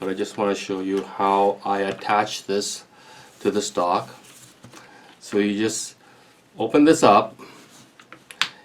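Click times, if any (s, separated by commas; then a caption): 8.4 s. Someone talks while opening a homemade cheek riser clip cut from plastic plumbing pipe and squeezing it onto the folding stock of a CZ EVO 3 S1 Skorpion, to raise the cheek for optics. A few faint ticks from about 8.0 s lead into a sharp snap at 8.4 s as the clip seats onto the stock.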